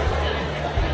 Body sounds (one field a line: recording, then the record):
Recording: background sound without coughing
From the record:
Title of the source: CITY SOUNDS Busy Bar in the Evening Night - 2 HOURS of Ambiance for Relaxation